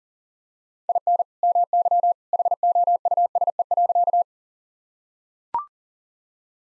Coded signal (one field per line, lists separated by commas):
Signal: Morse code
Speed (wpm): 40 wpm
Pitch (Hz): 700 Hz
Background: none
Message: IN MY HOUSE.